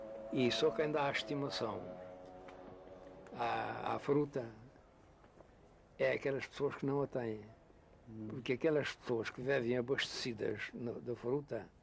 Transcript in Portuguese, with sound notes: e só quem dá a estimação à à fruta [pausa] é aquelas pessoas que não a têm. Porque aquelas pessoas que vivem abastecidas na da fruta